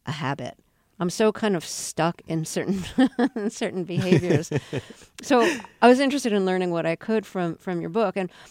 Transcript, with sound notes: I'm so kind of stuck in certain behaviors.
(SOUNDBITE OF LAUGHTER)
So I was interested in learning what I could from your book,